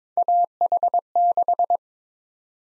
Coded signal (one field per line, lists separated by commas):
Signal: Morse code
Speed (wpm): 22 wpm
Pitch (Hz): 700 Hz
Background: none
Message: AH6